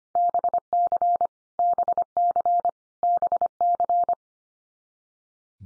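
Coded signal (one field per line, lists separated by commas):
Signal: Morse code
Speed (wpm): 25 wpm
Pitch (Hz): 700 Hz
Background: none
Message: BC BC BC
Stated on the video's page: Head-copy drill of Canadian provinces and territories at 25 wpm, each sent, spoken, then sent again.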